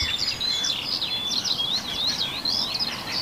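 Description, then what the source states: Common Sandpiper call, high thin twittering notes in a fast, wavering trill that runs continuously throughout over a faint steady hiss. Heard live on a morning dawn-chorus radio broadcast, with microphones set toward the bay and in a nearby forest.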